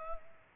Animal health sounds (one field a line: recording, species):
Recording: mosquito wingbeat signal from an infrared sensor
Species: Culex pipiens